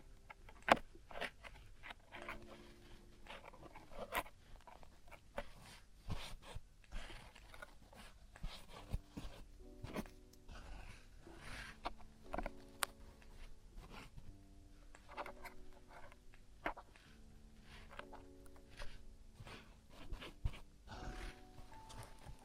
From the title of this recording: Traditional Chinese Ear Cleaning and Earwax Removal